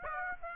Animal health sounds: mosquito wingbeat signal from an infrared sensor; Aedes aegypti

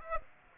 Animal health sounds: mosquito wingbeat signal from an infrared sensor; Aedes aegypti

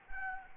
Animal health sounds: mosquito wingbeat signal from an infrared sensor; Anopheles gambiae

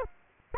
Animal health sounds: mosquito wingbeat signal from an infrared sensor; Aedes aegypti

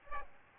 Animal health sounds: mosquito wingbeat signal from an infrared sensor; Aedes aegypti

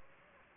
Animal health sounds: mosquito wingbeat signal from an infrared sensor; Anopheles gambiae

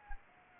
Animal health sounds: mosquito wingbeat signal from an infrared sensor; Anopheles arabiensis

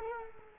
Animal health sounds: mosquito wingbeat signal from an infrared sensor; Culex quinquefasciatus

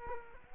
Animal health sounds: mosquito wingbeat signal from an infrared sensor; Culex quinquefasciatus

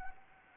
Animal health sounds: mosquito wingbeat signal from an infrared sensor; Anopheles arabiensis

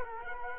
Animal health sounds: mosquito wingbeat signal from an infrared sensor; Culex quinquefasciatus

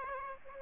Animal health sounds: mosquito wingbeat signal from an infrared sensor; Aedes aegypti

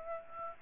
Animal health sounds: mosquito wingbeat signal from an infrared sensor; Aedes aegypti

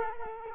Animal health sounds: mosquito wingbeat signal from an infrared sensor; Culex quinquefasciatus

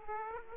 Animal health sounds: mosquito wingbeat signal from an infrared sensor; Aedes aegypti

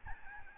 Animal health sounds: mosquito wingbeat signal from an infrared sensor; Aedes albopictus

